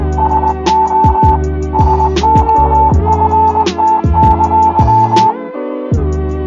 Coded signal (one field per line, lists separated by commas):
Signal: Morse code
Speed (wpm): 20 wpm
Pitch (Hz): 880 Hz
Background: music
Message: SO SOFT!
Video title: The girl who speaks morse code (GLMM)